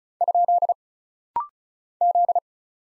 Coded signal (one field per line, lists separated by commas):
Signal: Morse code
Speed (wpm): 36 wpm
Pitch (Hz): 700 Hz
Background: none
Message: ? Z